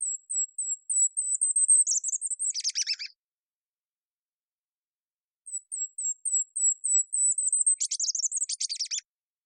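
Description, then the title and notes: Golden-crowned kinglet song: two songs, each a run of very high, thin notes that speeds up into a tumbling, lower chattering finish, with a silent pause between. Song in the Pacific Northwest, Washington, United States; parabolic microphone recording, processed for clarity with natural pace kept. "Golden-crowned Kinglet, Regulus satrapa, songs, Recorded in the beautiful Pacific Northwest in Washington, Unister States"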